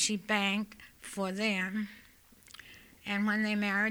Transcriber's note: none